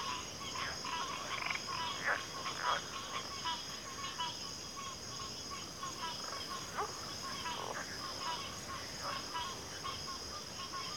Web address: Natures Songs Sleep Sounds of Nature CRICKETS Backwater Chorus